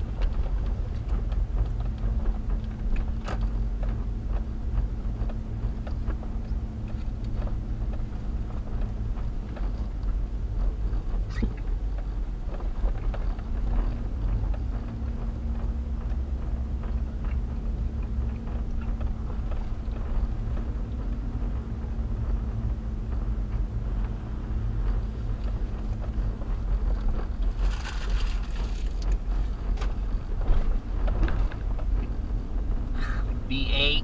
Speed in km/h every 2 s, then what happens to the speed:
18, 19, 21, 19, 18, 16, 19, 21, 21, 21, 19, 19, 18, 16, 16, 18, 21.
0-34 steady at about 19.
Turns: none.